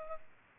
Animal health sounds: mosquito wingbeat signal from an infrared sensor; Culex pipiens

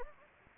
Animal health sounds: mosquito wingbeat signal from an infrared sensor; Anopheles gambiae

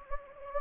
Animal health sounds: mosquito wingbeat signal from an infrared sensor; Anopheles gambiae

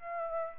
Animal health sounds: mosquito wingbeat signal from an infrared sensor; Aedes aegypti

